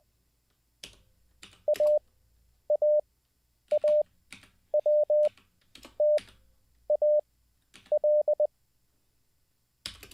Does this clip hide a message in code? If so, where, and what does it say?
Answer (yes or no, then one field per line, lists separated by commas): yes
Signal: Morse code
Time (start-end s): 1.7-8.5 s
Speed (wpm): 20 wpm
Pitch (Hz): 600 Hz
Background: none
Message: AAAWTAL